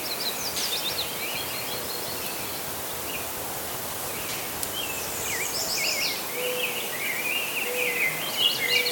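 Birds singing, several overlapping high twittering and warbling phrases over a steady hiss of background noise.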